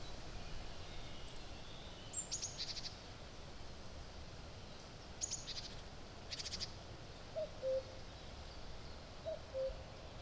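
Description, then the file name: Common cuckoo giving two falling cu-coo calls near the end, after several thin high chirps from small birds against a faint background hiss. "Cuckoo"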